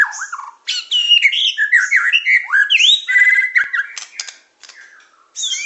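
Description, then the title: Bird song: a lively jumble of looping whistles, upslurred notes and harsh squawky chirps, pausing briefly before resuming. Complete masteran (song-training) recording of bird song. "Kicau Burung Masteran Lengkap"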